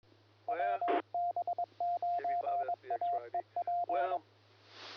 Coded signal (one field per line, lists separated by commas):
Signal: Morse code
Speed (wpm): 22 wpm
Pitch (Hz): 700 Hz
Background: speech, radio noise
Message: WB9AEP